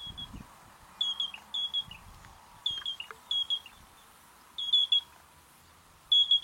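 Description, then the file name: Yellow-breasted Crake giving several short high whistled notes, often in pairs, repeated at irregular intervals. "Canto do sana amarela"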